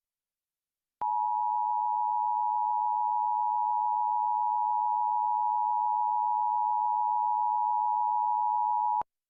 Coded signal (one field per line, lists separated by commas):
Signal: Emergency Alert System (SAME) tones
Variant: 853 and 960 Hz attention tone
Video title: KAIT Subchannels during National EAS Test 10-04-23